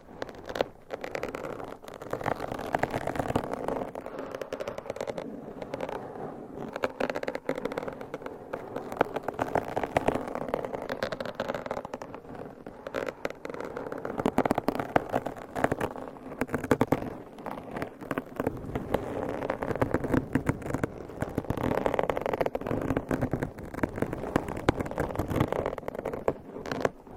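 Long nails scratch and scrape across a microphone in a dense, continuous rasping texture with no breaks. The strokes flicker rapidly, with crackly edges and a steady low rumble underneath, swelling slightly louder around the middle and again near the end.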